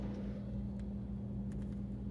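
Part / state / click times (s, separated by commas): film leader retriever tongue engaging the film leader inside a 35 mm cassette / not seated / none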